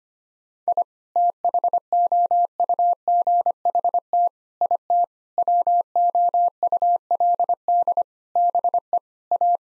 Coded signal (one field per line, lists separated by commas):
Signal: Morse code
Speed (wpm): 25 wpm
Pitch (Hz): 700 Hz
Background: none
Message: I THOUGHT IT WOULD BE A